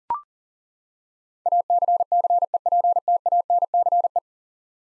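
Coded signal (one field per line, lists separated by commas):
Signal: Morse code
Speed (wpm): 40 wpm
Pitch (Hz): 700 Hz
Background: none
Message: ACCEPTANCE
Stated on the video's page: Morse head-copy drill of ten-letter words at 40 wpm, each word sent, spoken, then sent again.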